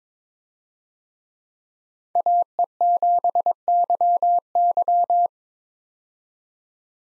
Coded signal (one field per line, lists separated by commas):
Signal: Morse code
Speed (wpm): 22 wpm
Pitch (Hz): 700 Hz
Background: none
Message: AE7YY